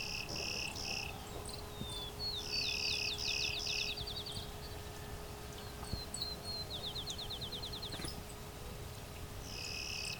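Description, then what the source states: Clay-colored Sparrow song: a few short, flat, insect-like buzzes at the start and end, with another bird's rapid trills between them and a steady low hum throughout. Late June morning along a hydro corridor near Westover, Ontario; open thicket mixing field and shrubs; a western bird spreading east, close relative of field sparrow, rarely cross-breeding.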